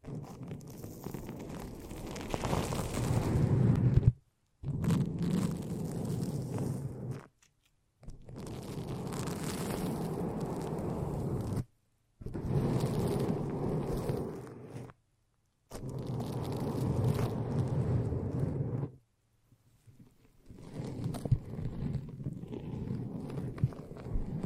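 Foamy, sticky squishing and crackling comes in dense bursts of three to four seconds, each broken off by a short silence.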